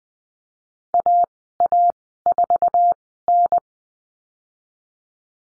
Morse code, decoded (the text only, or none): AA4N